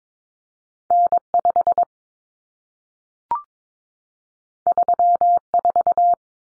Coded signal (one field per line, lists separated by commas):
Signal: Morse code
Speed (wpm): 22 wpm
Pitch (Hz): 700 Hz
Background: none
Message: N5 34